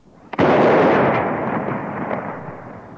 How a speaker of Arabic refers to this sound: مدفع الإمساك اضرب.